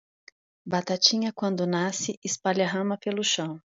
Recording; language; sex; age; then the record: short text; Brazilian Portuguese; female; 40 to 49 years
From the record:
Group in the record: control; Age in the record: 45 years